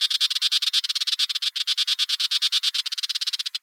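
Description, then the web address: Tiger shrike harsh chattering call, a fast dry rattle of rasping notes running steadily for over three seconds with a brief pause near the middle. "chigomozu"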